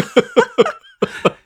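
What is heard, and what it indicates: An adult woman gives five short, voiced cough bursts in two quick groups, three then two, each followed by a brief fade. They are fairly dry and hoarse-edged, with a raspy voice, during recovery from a week-long illness with congestion that is not COVID.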